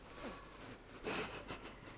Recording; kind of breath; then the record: one breath in and out by a microphone near the nose and mouth; strong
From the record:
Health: marked as sick, illness not named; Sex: female